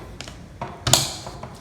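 A charger plug is pushed into the charging port on an electric skateboard, with a few light taps and scrapes around 0.2, 0.6 and 1.4 seconds. A sharp, bright click at 0.9 seconds marks the plug seating, meaning the charger has connected successfully.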